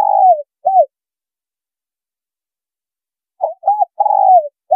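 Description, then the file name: Spotted dove cooing, an ending coo and short note, then after a pause a complete phrase of soft notes and a long slightly falling coo. Female bird. "Tieng cu gay mai"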